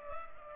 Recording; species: mosquito wingbeat signal from an infrared sensor; Culex pipiens